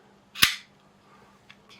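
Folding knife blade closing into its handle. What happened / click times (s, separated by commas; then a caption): The folding blade snapped shut into its handle / 0.4 s. A Shirogorov Jeans folding knife, a Sinkevich design collaboration, has its blade closed into the handle a second time to show off its closing sound. A loud, sharp snap lands at 0.4 s as the blade seats shut, with a deeper, hollower tone than usual because the knife is a little bigger. A faint tick follows at about 1.5 s.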